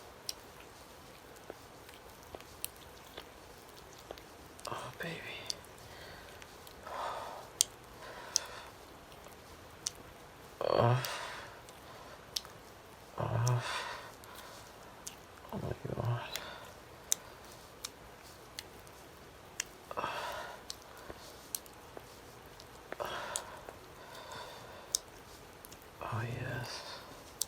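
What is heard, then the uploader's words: A man breathes heavily and moans. Long, rough exhales and low voiced groans come every two to three seconds, with stronger moans near eleven, thirteen and sixteen seconds. Faint clicks and small mouth noises sit between breaths. Male moaning | heavy breathing asmr.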